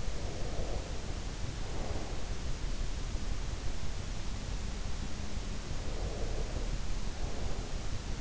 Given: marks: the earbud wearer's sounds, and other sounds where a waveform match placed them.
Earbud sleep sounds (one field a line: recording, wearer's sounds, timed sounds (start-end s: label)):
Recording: sounds in sleep by an in-ear microphone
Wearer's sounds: breath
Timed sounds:
0.00-2.48 s: breath
5.62-8.17 s: breath